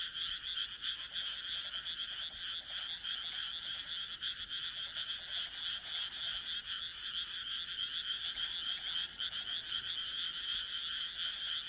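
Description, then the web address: Continuous frog chorus, many rapid rasping calls overlapping into a high pulsing din throughout. "kaeru kaeru"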